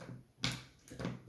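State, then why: Not seated. Someone presses the lid of an MK-Skull Ultra jack-in-the-box down to close it, making a sharp knock at about 0.4 s and a softer tap near 0.9 s. The latch does not catch, because the crank has not been turned to reset the trigger, so nothing has latched.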